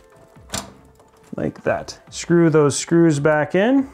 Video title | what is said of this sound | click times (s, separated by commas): How to Build a PC! Step-by-step (2020 Edition) | there's gonna line it up with the slot there's gonna push it in and you'll hear it click when it goes in like | 0.6 s